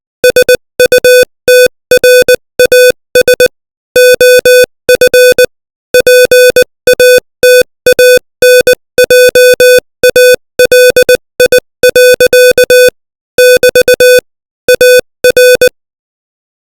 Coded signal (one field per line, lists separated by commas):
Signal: Morse code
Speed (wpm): 20 wpm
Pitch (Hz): 500 Hz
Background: music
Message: SUTRAS OF PATANJALI. <BT> AR